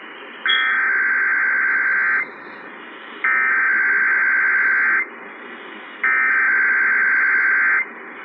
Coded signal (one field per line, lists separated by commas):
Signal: Emergency Alert System (SAME) tones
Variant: header bursts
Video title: San Francisco Required Monthly Tests (EAS #1738-1739) 2/11/20